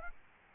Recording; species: mosquito wingbeat signal from an infrared sensor; Aedes albopictus